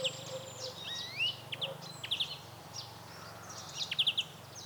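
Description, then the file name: European greenfinch calls, a rising whistled note and clipped rapid twittering bursts among other chirps over a low steady hum. "Chloris chloris"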